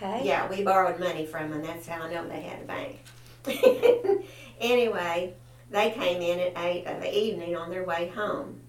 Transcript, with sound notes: Yeah, we borrowed money from 'em. That's how I know they had a bank. (Laughter) Anyway, they came in and ate in the evening on their way home.